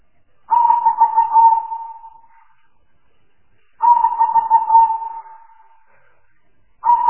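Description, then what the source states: Spotted dove giving throaty, pulsing coo phrases that trail off slowly, about three seconds apart, with nothing else audible in the gaps. Lure calls used to attract spotted doves for trapping.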